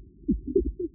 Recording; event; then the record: neck accelerometer signal played as sound; no cough (speech, laughter, throat clearing or background)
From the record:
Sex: male